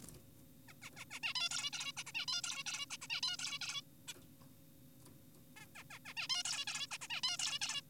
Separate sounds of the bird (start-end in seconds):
0.68-0.73, 0.82-0.90, 0.96-1.05, 1.11-1.20, 1.23-1.34, 1.36-1.49, 1.51-1.70, 1.73-1.92, 1.97-2.04, 2.07-2.12, 2.15-2.26, 2.28-2.42, 2.44-2.64, 2.66-2.86, 2.90-2.97, 3.02-3.07, 3.10-3.21, 3.23-3.37, 3.39-3.59, 3.61-3.81, 4.08-4.14, 5.56-5.66, 5.76-5.84, 5.90-5.99, 6.06-6.14, 6.17-6.28, 6.30-6.43, 6.45-6.65, 6.67-6.87, 6.92-6.98, 7.02-7.08, 7.10-7.21, 7.24-7.37, 7.39-7.59, 7.62-7.82